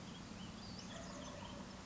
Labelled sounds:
Western Flycatcher
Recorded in Sonoma County, California

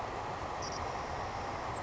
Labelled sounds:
Savannah Sparrow
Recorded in Sonoma County, California

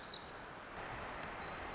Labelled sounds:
Black-throated Gray Warbler
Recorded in Sonoma County, California

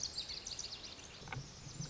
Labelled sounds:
Lazuli Bunting
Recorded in Sonoma County, California

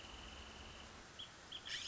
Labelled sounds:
Wrentit
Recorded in Sonoma County, California

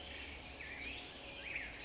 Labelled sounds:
California Towhee
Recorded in Sonoma County, California

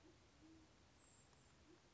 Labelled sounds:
Band-tailed Pigeon
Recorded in Sonoma County, California

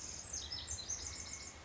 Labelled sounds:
Pacific Wren
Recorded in Sonoma County, California

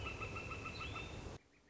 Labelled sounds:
Northern Flicker
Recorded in Sonoma County, California

